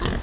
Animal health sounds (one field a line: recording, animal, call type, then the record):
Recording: contact call of a hoofed animal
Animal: wild boar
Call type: grunt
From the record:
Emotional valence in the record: negative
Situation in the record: naturally occurring agonistic interactions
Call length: 0.22 s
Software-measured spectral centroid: 2230 Hz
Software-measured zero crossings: 1470 a second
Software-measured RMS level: -25 dBFS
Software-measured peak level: -7 dBFS